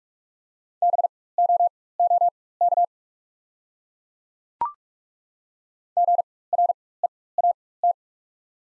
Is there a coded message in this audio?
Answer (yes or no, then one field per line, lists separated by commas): yes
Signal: Morse code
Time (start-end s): 0.8-7.9 s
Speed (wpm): 43 wpm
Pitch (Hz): 700 Hz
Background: none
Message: BOOK GREAT